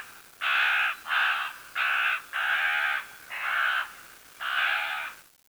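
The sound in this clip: Bird giving six harsh, hoarse caws separated by short pauses.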